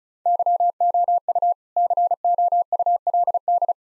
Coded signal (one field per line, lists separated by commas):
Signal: Morse code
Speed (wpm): 36 wpm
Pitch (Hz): 700 Hz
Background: none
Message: YOU COULD